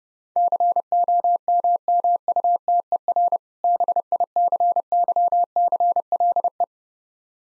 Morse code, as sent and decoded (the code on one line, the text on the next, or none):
-.-. --- -- -- ..- - . .-. / -... .. -.-. -.-- -.-. .-.. .
COMMUTER BICYCLE